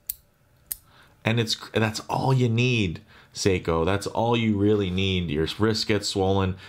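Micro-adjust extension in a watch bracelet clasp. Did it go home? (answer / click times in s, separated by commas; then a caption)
yes / 0.1 s, 0.7 s. The micro-adjust extension of a titanium watch bracelet clasp is worked through its two detent positions, giving two sharp clicks at 0.1 s and 0.7 s as it seats in each. Someone then talks about how this lets the bracelet loosen when the wrist swells.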